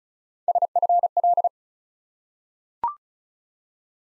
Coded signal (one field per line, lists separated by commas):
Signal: Morse code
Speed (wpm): 36 wpm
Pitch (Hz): 700 Hz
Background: none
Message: SFL